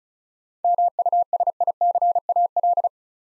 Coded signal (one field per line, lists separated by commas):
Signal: Morse code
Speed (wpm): 36 wpm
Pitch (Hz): 700 Hz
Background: none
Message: MUSICAL